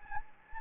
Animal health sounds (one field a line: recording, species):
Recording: mosquito wingbeat signal from an infrared sensor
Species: Anopheles gambiae